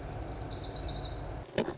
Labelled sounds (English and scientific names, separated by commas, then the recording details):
Lazuli Bunting (Passerina amoena)
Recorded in Sonoma County, California